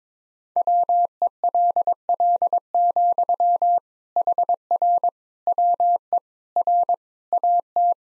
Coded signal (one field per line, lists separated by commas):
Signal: Morse code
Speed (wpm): 22 wpm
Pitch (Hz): 700 Hz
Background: none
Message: WELL, HR WE R AT